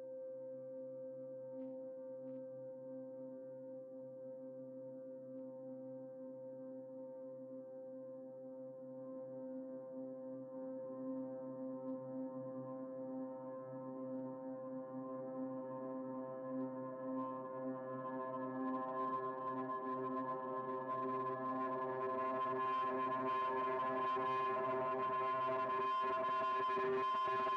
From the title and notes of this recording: Texturas sonoras a partir de una matriz de efectos y un resonador. Sound textures from an effects matrix and a resonator.